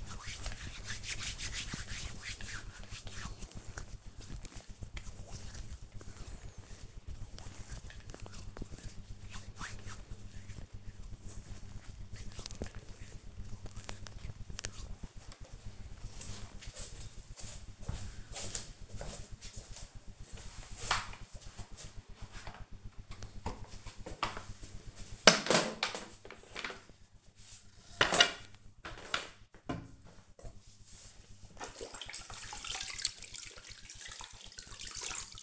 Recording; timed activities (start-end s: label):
household activities, microphone on the right wrist
0.00-14.68 s: cream hands
22.72-35.43 s: floor cleaning